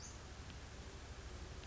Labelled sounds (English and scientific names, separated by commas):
Western Flycatcher (Empidonax difficilis)